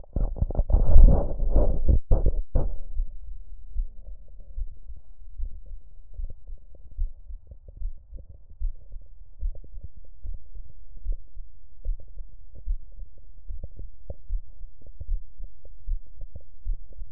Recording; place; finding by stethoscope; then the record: heart sounds by stethoscope; mitral valve (MV); normal heart sounds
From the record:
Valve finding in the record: normal valve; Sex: female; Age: 56 years